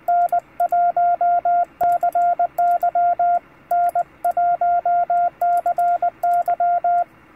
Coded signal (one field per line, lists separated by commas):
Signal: Morse code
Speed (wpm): 20 wpm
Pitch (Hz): 700 Hz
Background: none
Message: N1CY N1CY